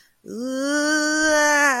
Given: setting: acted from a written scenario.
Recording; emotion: vocal sound without words; distress